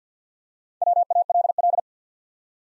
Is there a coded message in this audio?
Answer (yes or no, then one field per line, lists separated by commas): yes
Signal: Morse code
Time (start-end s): 0.8-1.8 s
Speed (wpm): 49 wpm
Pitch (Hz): 700 Hz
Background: none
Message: WALL